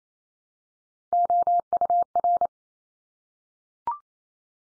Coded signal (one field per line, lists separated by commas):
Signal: Morse code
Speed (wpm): 28 wpm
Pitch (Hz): 700 Hz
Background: none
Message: OUR